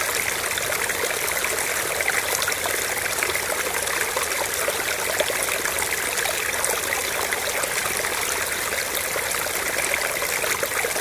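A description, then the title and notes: A stream splashes steadily over the full eleven seconds, a dense, unbroken rush with no pauses or swells. The sound is bright, full of fine crackling trickles and spatters, with little low rumble beneath. Relaxing Stream splashing ASMR.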